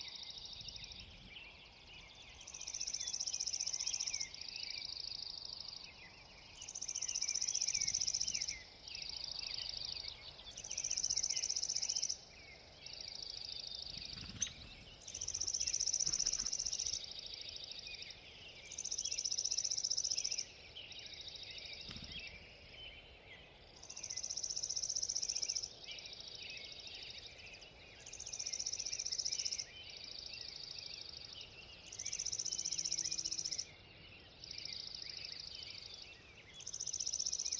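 At dawn in a mountain meadow, a high insect-like trill pulses steadily, alternating between two pitches every second or two over faint background hush.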